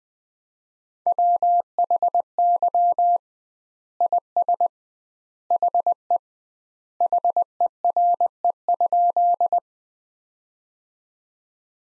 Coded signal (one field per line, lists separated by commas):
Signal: Morse code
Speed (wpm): 20 wpm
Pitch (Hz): 700 Hz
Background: none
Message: WHY IS HE HERE?